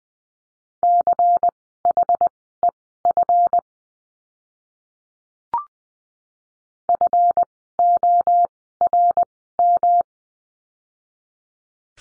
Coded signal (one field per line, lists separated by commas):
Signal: Morse code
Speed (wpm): 20 wpm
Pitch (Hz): 700 Hz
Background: none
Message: CHEF FORM